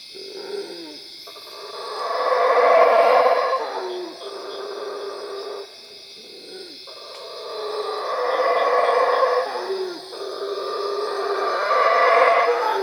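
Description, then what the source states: Howler monkey howls, three deep rasping roaring bouts that swell and fade, separated by brief lulls. Recorded at Cuevas.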